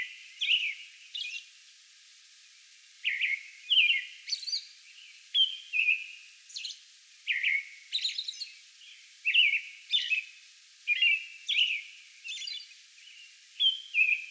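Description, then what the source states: American robin carols in a long bout of rich whistled phrases, with a short pause early on and high squeaky notes mixed in. A song bout recorded on May 11.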